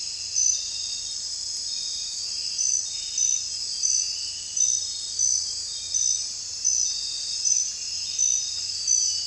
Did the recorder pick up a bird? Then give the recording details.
no. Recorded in dense forest near Puerto Asís, Putumayo, Colombia, on 21 December 2024 at 01:00. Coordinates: 0.467, -76.328. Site GP05